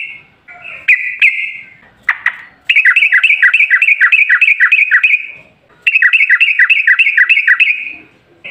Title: GACOR Ropel Ngalas Pancingan Trucukan Agar Bunyi Jadikan Burung Trucuk